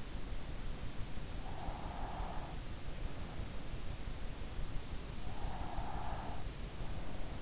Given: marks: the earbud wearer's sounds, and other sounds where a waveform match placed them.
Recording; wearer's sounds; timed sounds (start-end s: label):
sounds in sleep by an in-ear microphone; breath
1.19-2.65 s: breath
5.40-6.74 s: breath